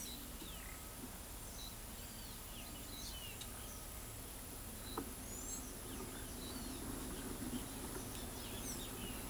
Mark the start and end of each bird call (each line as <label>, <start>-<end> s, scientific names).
Pitangus sulphuratus, 1.96-2.38 s
Thraupis palmarum, 5.21-5.67 s
Thraupis episcopus, 8.61-8.79 s